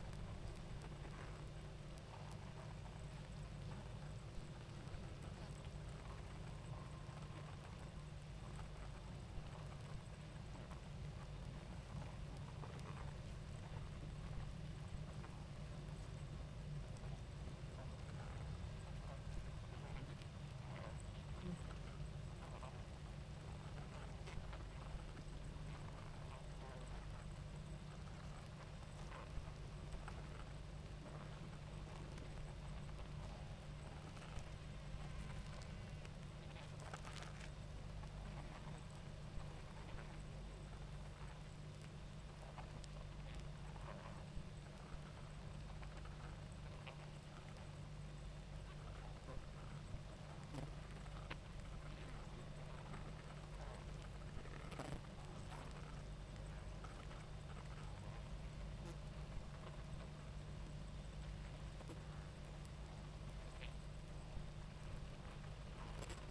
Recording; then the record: honeybee colony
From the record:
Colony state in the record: active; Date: 28 July 2017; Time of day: 19:08